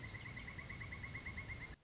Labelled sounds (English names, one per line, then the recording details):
Pileated Woodpecker
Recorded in Sonoma County, California